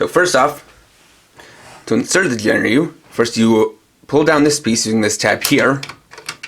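Someone talks while pulling down a hinged plastic panel by its tab on a plastic transforming robot toy, to get it ready for inserting a figure. A few short, light ticks of handling are heard near the end, around 6.1 to 6.5 seconds. Nothing has seated or clicked into place yet.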